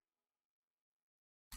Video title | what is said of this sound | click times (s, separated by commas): What it Worth it? - Legacy Thunder Megazord | just lock in the place yep there we go so there's the | 1.5 s